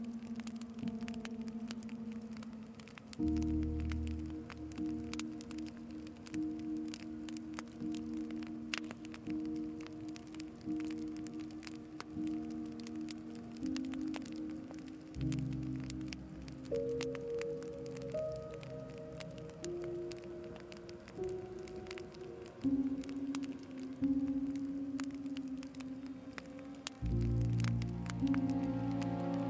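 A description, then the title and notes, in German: Crackling campfire pops scatter throughout as soft, sustained music shifts chords every few seconds, with a deeper swell near the end. In dieser Episode können Sie in eine warme und beruhigende Atmosphäre eintauchen, dank des beruhigenden Klangs eines knisternden Lagerfeuers und sanfter Musik.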